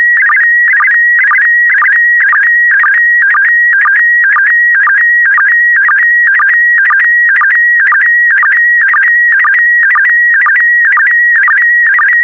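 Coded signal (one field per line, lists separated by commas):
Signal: SSTV (slow-scan television)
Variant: PD120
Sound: steady high warbling tone with rhythmic chirping dips about twice a second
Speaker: complete you can now check your decoded image against the picture that is shown on the video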